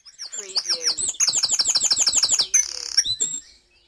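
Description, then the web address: Bird: a fast run of repeated bright, high chirps, with a short buzzy trill near the end. Recorded at dawn in Mold, North Wales. "beanstalk-audio Dawn Chorus in Mold North Wales"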